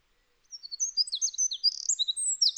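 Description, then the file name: Eurasian wren bursting into song after a short silence, with high, quick notes and a brief trill. "Troglodytes troglodytes"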